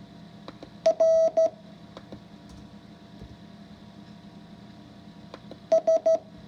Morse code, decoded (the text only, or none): R S